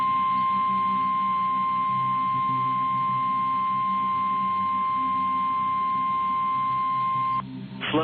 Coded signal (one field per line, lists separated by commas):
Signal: Emergency Alert System (SAME) tones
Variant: 1050 Hz attention tone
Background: speech